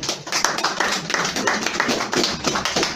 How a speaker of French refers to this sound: Applaudissez pour la petite fille ici.